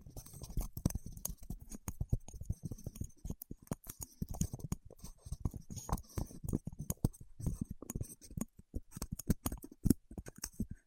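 Waxy fingertips tap and rub in a dense, irregular stream of soft clicks and sticky crackles, with brief brighter clinks throughout.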